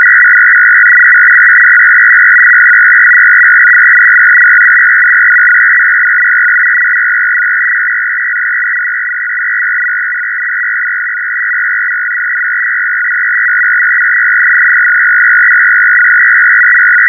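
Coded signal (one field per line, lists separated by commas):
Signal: numbers station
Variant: F01 FSK, 500 Hz shift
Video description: Russian digital numbers station F01 FSK 500Hz signal operated on USB +1700Hz. This signal originated from Habana, Cuba and is the digital counterpart to the Russian 6 operator family ran by the GRU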